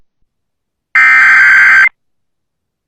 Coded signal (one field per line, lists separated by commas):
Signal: Emergency Alert System (SAME) tones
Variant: header bursts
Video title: ALABAMA CHAOS | EAS Alerts from January 12th, 2023 (EAS #2173-2204)